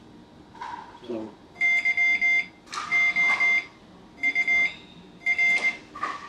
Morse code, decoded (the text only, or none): YOUR